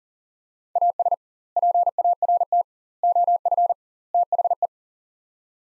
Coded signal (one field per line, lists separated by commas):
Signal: Morse code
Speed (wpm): 40 wpm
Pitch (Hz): 700 Hz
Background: none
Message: AS PART OF THE